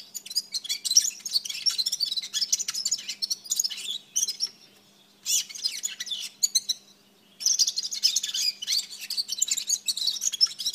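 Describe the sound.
Red-fronted serin song in long bouts of rapid, high, tinkling twitters separated by brief silences.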